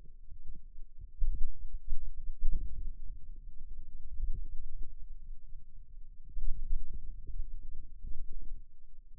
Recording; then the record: forearm muscle sounds (acoustic myography)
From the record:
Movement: wrist extension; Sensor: system 2, bracelet of six BSWA MPA416 microphones around the upper forearm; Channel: 5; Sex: male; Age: 22 years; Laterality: right